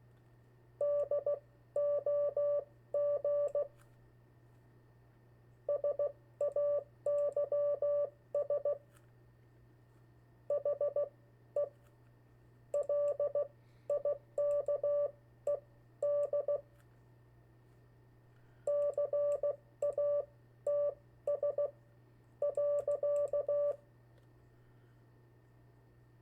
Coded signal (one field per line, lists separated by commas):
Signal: Morse code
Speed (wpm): 16 wpm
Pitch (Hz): 580 Hz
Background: none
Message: DOG SAYS HE LIKED CATS.